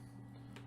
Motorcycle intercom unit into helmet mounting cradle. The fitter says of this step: assez important parce que c'est voilà bah si vous avez bien entendu on entend un bon clique donc